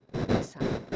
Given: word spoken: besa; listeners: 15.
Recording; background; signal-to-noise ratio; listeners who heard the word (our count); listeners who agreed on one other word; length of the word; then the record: one Spanish word in noise, from a listening test; noise modulated by one talker; -12.2 dB; 2 of 15; 6 of 15; 0.56 s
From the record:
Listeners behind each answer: 6, 3, 2, 2, 1, 1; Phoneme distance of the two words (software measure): 10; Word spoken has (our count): 2 syllables, 4 phonemes, stress on syllable 1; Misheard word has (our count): 2 syllables, 4 phonemes, stress on syllable 1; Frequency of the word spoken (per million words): 7.20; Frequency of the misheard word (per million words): 141.30